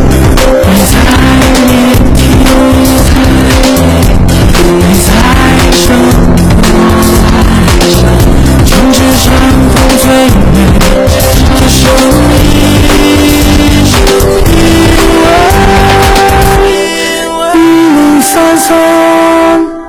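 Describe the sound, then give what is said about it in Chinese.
In a Beijing radio advertisement for Chengmei Sonic go-karting, racing kart engines roar loudly and continuously, their pitch climbing and shifting as tires squeal over the top, before the din thins out briefly near the end. “成美索尼克卡丁车带你撒把野，你就是下一个车王。”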